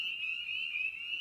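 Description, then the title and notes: Spring peeper chorus, a steady high-pitched whistling drone of overlapping peeps with no pauses. Evening at a frog pond. "Night of the Peepers. we return to the frog pond for a meditative evening. Spring Peeper (Pseudacris crucifer). Ian Carlsen"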